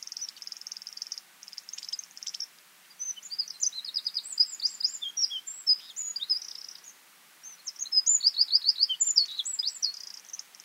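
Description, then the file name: Eurasian wren song: high buzzy trill fragments, then loud tumbling phrases of rapid, sharp high notes with brief pauses, over faint background hiss. "Troglodytes troglodytes"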